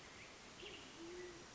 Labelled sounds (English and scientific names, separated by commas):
Band-tailed Pigeon (Patagioenas fasciata)